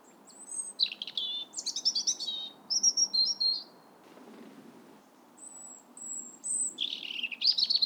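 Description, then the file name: European robin song: high, thin whistled notes alternating with rapid tumbling warbled phrases, delivered in short varied bursts separated by brief pauses. "Erithacus rubecula"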